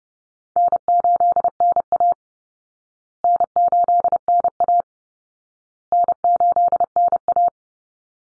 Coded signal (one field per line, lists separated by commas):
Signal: Morse code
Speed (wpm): 30 wpm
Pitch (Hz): 700 Hz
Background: none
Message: N8NA N8NA N8NA